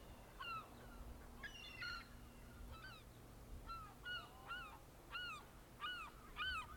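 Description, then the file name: Gull calls, a series of harmonic yelps, several in quick succession toward the end, over a low background rumble. "Seagulls"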